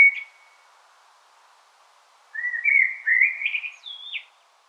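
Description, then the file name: Common blackbird song: a lone short note, then a long flowing fluted phrase rising gradually and ending in a higher whistled note that drops away. "Turdus merula"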